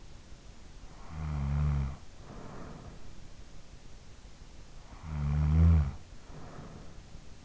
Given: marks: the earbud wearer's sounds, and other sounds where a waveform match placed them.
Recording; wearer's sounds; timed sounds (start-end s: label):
sounds in sleep by an in-ear microphone; snoring breath
0.68-3.34 s: snoring breath
4.65-7.45 s: snoring breath